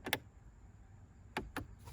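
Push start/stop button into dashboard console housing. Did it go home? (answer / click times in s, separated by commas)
yes / 0.1 s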